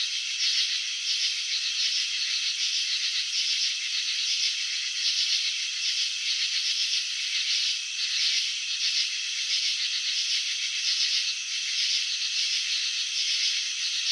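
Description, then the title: Cricket chirping in a dense, continuous high run of fast pulsed trills, with no pauses and no other clear sounds. Crickets chirping, presented in a slow-motion video showing wing vibrations and antenna movements. "Crickets in Slow Motion 📷. Capturing the Elegance of Chirping"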